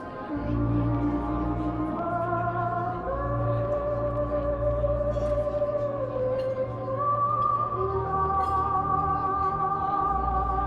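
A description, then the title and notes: Oldie music plays steadily, with long held notes that shift to new pitches every second or two over a constant low bass line. The level stays even throughout, and a few faint clicks surface around the middle and near the end. Oldie music playing in a coffee shop (light talking).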